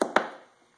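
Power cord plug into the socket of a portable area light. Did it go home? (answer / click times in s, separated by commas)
yes / 0.2 s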